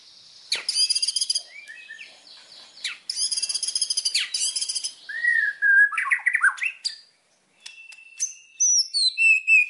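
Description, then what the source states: White-rumped shama song mixing harsh high rattles with short sweeping whistles, a brief silence, then thin high notes. Song used as a lure (pancingan) for other birds, said to provoke an immediate response; described as singing constantly (gacor).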